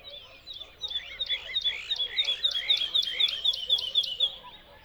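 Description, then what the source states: Bird song: a fast run of sharp, high chipping notes, about four a second, with softer slurred notes beneath. Song delivered from a tree in the Spanish dehesas.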